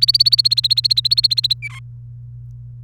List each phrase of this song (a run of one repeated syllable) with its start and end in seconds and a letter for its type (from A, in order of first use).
0.00-1.53 A